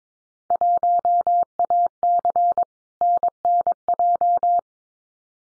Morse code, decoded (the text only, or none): 1AC NNJ